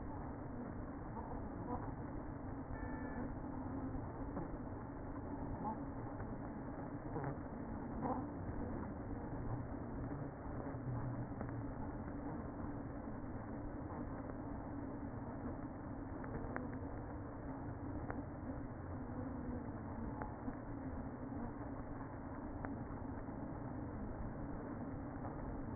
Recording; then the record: honeybee colony, microphone inside the hive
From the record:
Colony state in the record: queen present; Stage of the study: after two queens were removed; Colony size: about 60,000 bees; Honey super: yes